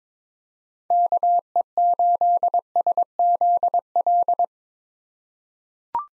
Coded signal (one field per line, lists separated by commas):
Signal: Morse code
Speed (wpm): 22 wpm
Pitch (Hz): 700 Hz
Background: none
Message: KE8SZL